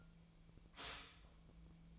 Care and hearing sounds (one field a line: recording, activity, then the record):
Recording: daily activity, microphone in the room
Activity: stop toaster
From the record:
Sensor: 1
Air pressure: 1009.2 hPa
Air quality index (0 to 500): 195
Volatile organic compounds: 19 ppm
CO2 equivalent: 2666 ppm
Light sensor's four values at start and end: 27/70/29/34 and 27/70/29/34